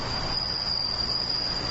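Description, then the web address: Bell cricket song: a steady, high, ringing note held without a break throughout, over a low background hum. Recorded 29 August 2015 alongside morning glories. "鈴虫さんと朝顔 H 27 8 29"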